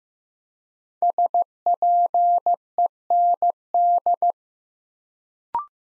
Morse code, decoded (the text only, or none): SPEND